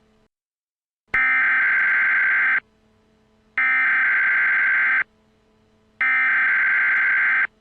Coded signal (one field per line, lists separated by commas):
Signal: Emergency Alert System (SAME) tones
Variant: header bursts